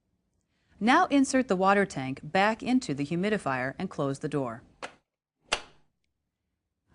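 Someone talks while a refilled plastic water tank is slid back into the humidifier of a Philips Respironics System One CPAP and the hinged door is shut. A single sharp click comes at 5.5 s as the tank and door seat into place.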